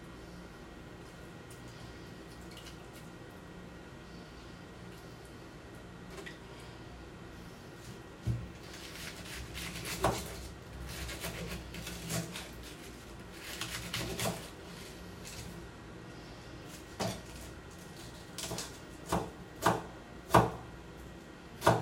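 Cabbage is shredded, with quiet handling for the first eight seconds, then crisp cutting bursts that quicken and sharpen toward the end.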